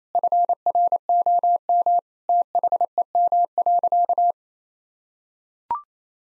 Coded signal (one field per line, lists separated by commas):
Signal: Morse code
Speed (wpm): 28 wpm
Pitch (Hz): 700 Hz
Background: none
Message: FROM THEM.